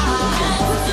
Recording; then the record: coughing mixed with background sound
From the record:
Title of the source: female coughing - coughing sound effects girl